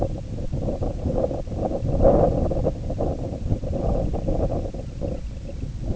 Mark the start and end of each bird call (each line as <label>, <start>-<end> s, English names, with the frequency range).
Semipalmated Sandpiper (1.9-3.4 kHz), 0.57-5.68 s